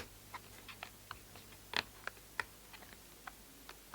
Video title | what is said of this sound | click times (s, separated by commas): Making a Cross Stitch Coaster | a few goes down so that all the sides are down there we go that was a nice big click there | 1.8 s, 2.4 s